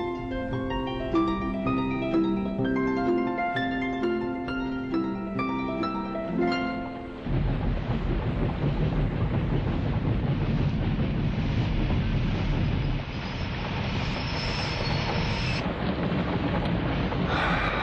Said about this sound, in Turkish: Hiç aklımdan çıkmıyor o karanlık, yağmurlu gece. Nasıl da yağmur yağıyordu.